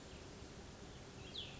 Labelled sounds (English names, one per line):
Cassin's Vireo